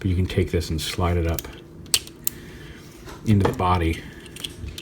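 Someone talks while handling a small plastic underarm detail panel for a KitzConcept Robotech Super Deformed VF-1S toy, getting ready to slide it up into the toy's body. Sharp ticks of handling are heard at about 1.9 s and 2.3 s, with lighter taps near 4.4–4.8 s. The panel has not seated or locked in yet.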